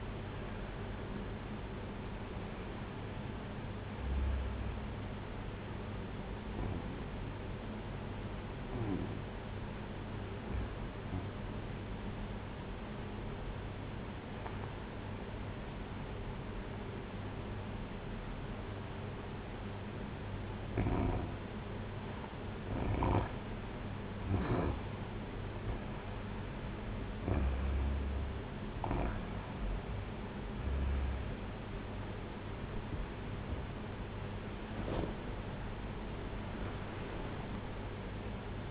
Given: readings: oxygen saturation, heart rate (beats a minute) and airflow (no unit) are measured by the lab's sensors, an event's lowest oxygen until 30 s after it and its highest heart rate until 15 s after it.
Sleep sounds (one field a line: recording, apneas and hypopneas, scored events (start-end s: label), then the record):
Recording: breathing in sleep by a voice recorder at the bedside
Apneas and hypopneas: 1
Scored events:
9.00-25.20 s: obstructive apnea (REM, oxygen 96% highest, then 93% lowest, heart rate 54 at the start, 79 highest)
From the record:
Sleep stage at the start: REM sleep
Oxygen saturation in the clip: 87 to 96%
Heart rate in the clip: 54 to 78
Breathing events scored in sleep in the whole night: 226 in 8.8 hours asleep